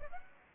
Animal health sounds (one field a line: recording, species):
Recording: mosquito wingbeat signal from an infrared sensor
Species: Aedes aegypti